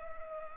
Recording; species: mosquito wingbeat signal from an infrared sensor; Culex pipiens